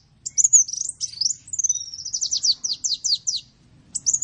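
Bird song: a brief burst of high looping whistles followed by a rapid series of falling notes, then a short fresh phrase after a pause.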